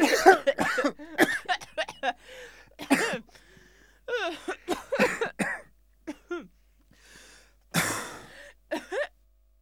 Man and Woman Coughing.